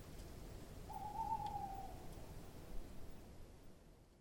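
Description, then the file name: Owl call: one drawn-out whistled note lasting about a second, fairly level in pitch, against low rumbling noise. "Eule"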